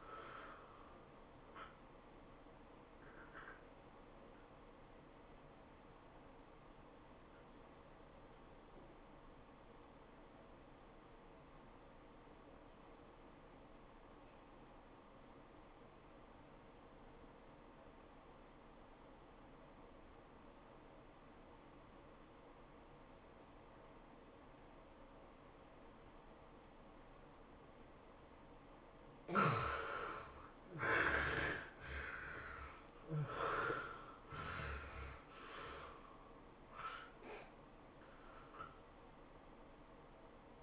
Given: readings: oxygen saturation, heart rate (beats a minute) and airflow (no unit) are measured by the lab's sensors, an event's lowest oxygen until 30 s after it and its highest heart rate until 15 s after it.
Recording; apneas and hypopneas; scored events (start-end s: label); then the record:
breathing in sleep by a voice recorder at the bedside; 1
4.00-28.10 s: hypopnea (N1, oxygen 95% highest, then 69% lowest, heart rate 104 at the start, 108 highest)
9.00-39.00 s: new sleep stage, N2 (light sleep)
39.00-40.63 s: new sleep stage, N1 (lightest sleep)
From the record:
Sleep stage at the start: N1 (lightest sleep); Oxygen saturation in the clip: 73 to 95%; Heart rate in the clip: 82 to 108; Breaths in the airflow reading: 5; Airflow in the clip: -20.0 to 16.1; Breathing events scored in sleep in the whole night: 403 in 5.5 hours asleep